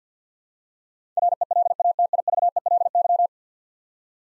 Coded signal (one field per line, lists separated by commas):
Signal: Morse code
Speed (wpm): 50 wpm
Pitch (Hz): 700 Hz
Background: none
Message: RELATIVELY